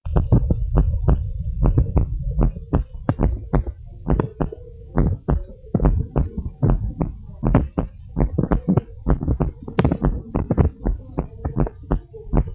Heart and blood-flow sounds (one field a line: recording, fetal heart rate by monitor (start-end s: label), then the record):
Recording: heart sounds of a pregnant woman by stethoscope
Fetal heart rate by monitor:
no fetal heartbeat
From the record:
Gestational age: 40 weeks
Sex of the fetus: boy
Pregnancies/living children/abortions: 1/0/0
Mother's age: 27 years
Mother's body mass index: 25.5